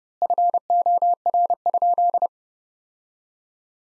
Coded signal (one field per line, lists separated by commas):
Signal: Morse code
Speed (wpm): 30 wpm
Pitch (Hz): 700 Hz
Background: none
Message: FOR?